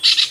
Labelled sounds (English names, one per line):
Brown-throated Parakeet contact call